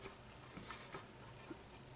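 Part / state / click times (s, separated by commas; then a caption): solenoid wire connector into carburetor fuel solenoid / not seated / none. While refitting a replacement carburetor on a Craftsman riding mower, a solenoid wire connector is handled by feel under the carb on its way into the carburetor fuel solenoid. A steady broadband hiss carries a few faint, soft handling ticks. Nothing has seated or clicked yet.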